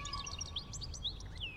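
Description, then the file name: European goldfinch producing soft, high chirps and a falling slurred note, partly over low rumbling background noise. "RENAUDE Chardonneret"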